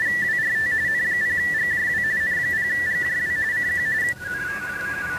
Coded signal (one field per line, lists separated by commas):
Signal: RTTY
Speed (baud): 45.45 baud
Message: 245 N0GJW N0GJW CQ